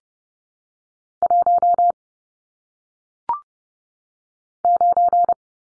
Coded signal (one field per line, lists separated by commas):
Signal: Morse code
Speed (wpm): 30 wpm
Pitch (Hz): 700 Hz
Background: none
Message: 1 9